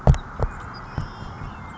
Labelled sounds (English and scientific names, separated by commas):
Savannah Sparrow (Passerculus sandwichensis)